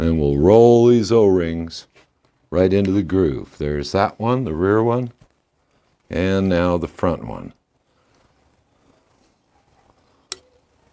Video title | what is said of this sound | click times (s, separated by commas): Step 10 Installing the Manifold &Carb on the Harley Panhead | you could hear them pop into place | 10.3 s